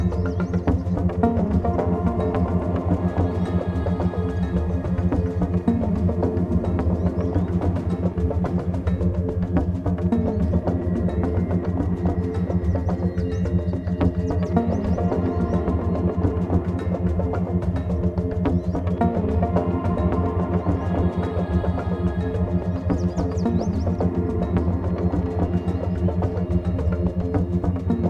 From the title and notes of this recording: The track uses a personal favorite field recording "Frogsong at Miner's Marsh" with the operatic crooning of green frogs recorded in the Annapolis Valley, Nova Scotia.